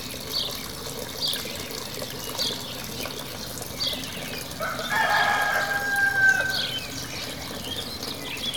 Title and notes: 38190 La Combe-de-Lancey, France - le hameau de la chapelle séveille doucement. face à l’église à proximité du lavoir. Les coqs du hameau en appellent au réveil de tous